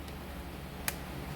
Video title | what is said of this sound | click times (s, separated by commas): How To Change Motorcycle 🏍️ Chain. Honda CBR1000RR | and I just heard it click so that tells me that it's pretty much about to be protruding from the other side | 0.9 s